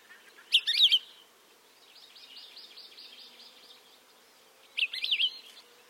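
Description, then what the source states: Palila calling: two louder warbled bursts at start and end, with a soft, rapid string of buzzy warbled notes between them, all high-pitched over faint background hiss. Recorded in Hawaii; as with other Hawaiian birds, its Hawaiian name is meant to evoke its call.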